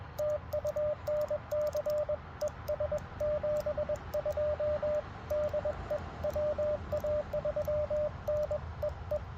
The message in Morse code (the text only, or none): TU NC ES 72 DE WA3N EE